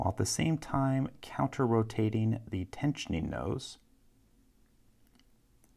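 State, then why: Not seated. Someone talks while tensioning disc two of a Kryptonite New-U New York Fahgettaboudit disc-detainer bike lock with a picking tip and counter-rotating the tensioner. After the talking stops, only faint taps are heard at about 5.1, 5.2 and 5.6 seconds. The disc has not clicked into position yet.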